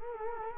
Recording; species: mosquito wingbeat signal from an infrared sensor; Culex quinquefasciatus